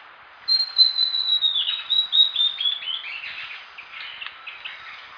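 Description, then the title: Bird song: a bright whistled series stepping steadily downward, then running into a rapid jumble of twittering, chattering notes. "LuckyPassaro Completos2Sama"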